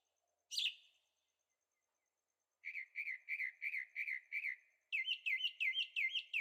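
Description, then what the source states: Bird song: a single downslurred note, then quick series of clear repeated chirps, the last series sharper and rising-falling. Birds singing at night in Carefree, Arizona; recorded with a Zoom H6 and stereo microphones.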